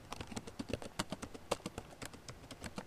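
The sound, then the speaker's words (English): Rapid, irregular clacking of computer keys, a steady stream of sharp taps with brief pauses and a few harder strikes standing out, with no voices. “I'm talking to a keyboard.”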